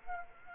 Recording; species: mosquito wingbeat signal from an infrared sensor; Aedes aegypti